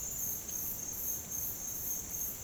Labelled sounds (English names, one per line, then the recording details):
none
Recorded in dense forest near Puerto Asís, Putumayo, Colombia, on 30 June 2025 at 07:30
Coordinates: 0.503, -76.323
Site G059